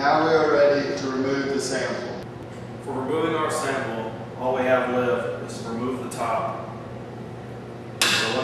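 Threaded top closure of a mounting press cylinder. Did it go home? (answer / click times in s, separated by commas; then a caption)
released / 8.0 s. Someone talks while the threaded metal top of a specimen mounting press cylinder is turned. At 8.0 s a sharp sound is heard as the top clears its threads and comes free, and it can then be pulled out.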